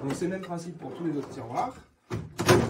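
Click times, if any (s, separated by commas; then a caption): 2.4 s, 2.5 s. Someone talks, then a drawer slide on a camping box's drawer support is pulled on each side and comes unclipped with a thunk-like double hit at 2.4 s and 2.5 s. The drawer slide is released.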